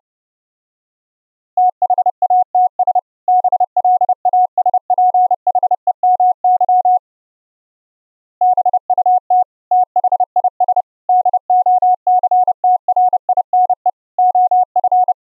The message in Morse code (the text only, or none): THATS BLASPHEMY BUT THIS DOCTRINE OF